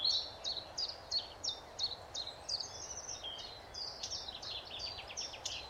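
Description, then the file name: Eurasian blackcap uttering quick, repeated high notes that break into a brief jumbled warble, against a noisy steady background. "Sylvia atricapilla"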